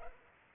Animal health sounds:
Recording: mosquito wingbeat signal from an infrared sensor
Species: Culex pipiens

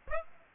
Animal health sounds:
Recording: mosquito wingbeat signal from an infrared sensor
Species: Aedes aegypti

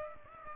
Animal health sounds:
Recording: mosquito wingbeat signal from an infrared sensor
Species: Aedes aegypti

